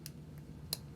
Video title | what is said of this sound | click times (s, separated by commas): Walther PPQ Q5 Match/PPQ M2 Complete Disassembly & Assembly | but you'll hear it snap into place. | 0.7 s